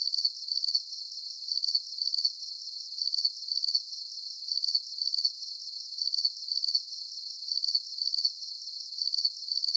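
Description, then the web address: Insect chirping: sharp, high pulsed bursts in steady twos, repeated throughout over a soft hiss. Night-time background of insect chirping. "Sound Effects-SFXBible Insect-Chirping-Bed-Background-Night"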